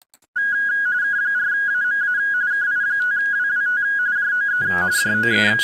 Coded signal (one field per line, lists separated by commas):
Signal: RTTY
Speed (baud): 45.45 baud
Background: speech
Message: K4AMA KI5WWT JOE JOE